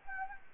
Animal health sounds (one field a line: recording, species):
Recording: mosquito wingbeat signal from an infrared sensor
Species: Anopheles gambiae